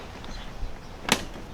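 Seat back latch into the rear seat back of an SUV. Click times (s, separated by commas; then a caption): 1.1 s. A new plastic seat back latch assembly is slid down into the rear seat back of an SUV (Chevy Suburban, GMC Yukon or Cadillac Escalade) and pushed in at the front and back. A sharp click at 1.1 s marks the latch clipping into place, after a quiet, faint stretch. The latch is seated in the seat.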